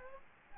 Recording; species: mosquito wingbeat signal from an infrared sensor; Aedes aegypti